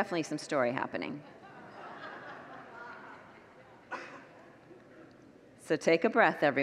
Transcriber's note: congregants laugh